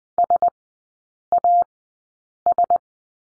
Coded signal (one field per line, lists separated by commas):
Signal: Morse code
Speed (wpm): 20 wpm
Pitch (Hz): 700 Hz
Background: none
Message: SAS